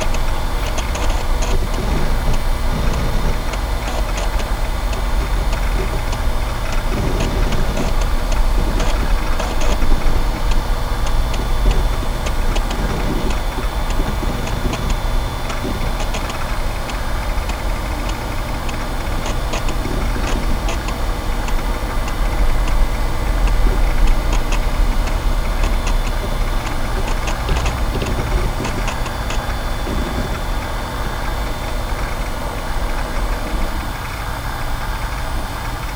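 Vintage computing equipment runs with a steady low hum and whir, overlaid by frequent small ticks and clicks throughout.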